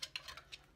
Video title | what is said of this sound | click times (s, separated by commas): TOYS TRACKER : unboxing Figurine New Epoch Cop - Judge Anderson de VIRTUAL TOYS - FRANCAIS FRANCAISE | c'est un peu voilà ça se ça se clipse mais | 0.0 s, 0.2 s